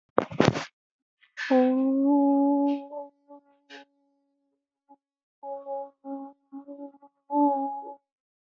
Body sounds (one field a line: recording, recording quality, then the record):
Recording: sustained vowel as in boot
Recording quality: excellent, no background noise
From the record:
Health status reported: healthy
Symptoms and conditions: none ticked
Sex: female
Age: 25 years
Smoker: not ticked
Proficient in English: yes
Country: India